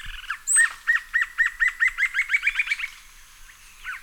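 Green-tailed jacamar call: a sharp high note, then a quick series of clear, high notes repeated several times a second, rising slightly in pitch before stopping, with a single note at the end.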